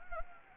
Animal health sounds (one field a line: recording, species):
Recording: mosquito wingbeat signal from an infrared sensor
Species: Anopheles gambiae